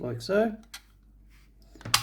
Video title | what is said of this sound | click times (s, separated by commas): Zero S40 By Zero Mods Australia | one click and then | 1.9 s